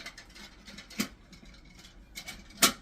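A new flush valve unit for a double push-button flush mechanism is set into the toilet cistern outlet and rotated until it locks. Faint scraping and small taps are followed by a sharp, loud click at 2.6 s as it locks in place and is confirmed seated.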